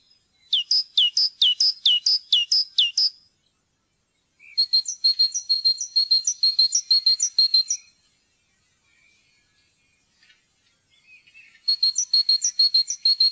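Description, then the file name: Great tit song in three bursts of quick, repeated two-note whistles separated by pauses, the last burst cut off. "kjoettmeis"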